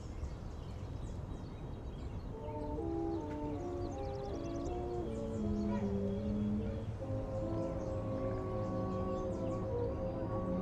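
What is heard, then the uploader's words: Muffled oldies music plays in another room, a melody of held notes rising in after two seconds over a steady low rumble. Summer oldies playing in another room. You have your window open the birds are singing the cars passing.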